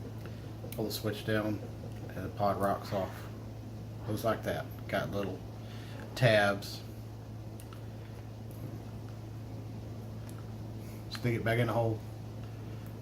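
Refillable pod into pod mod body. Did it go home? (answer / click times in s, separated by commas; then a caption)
no / none. A refillable vape pod, just removed from an Orion Quest pod mod body, is lined up by its small tabs to go back in while someone talks. Only faint handling sounds are heard, and the pod has not yet seated or clicked into place.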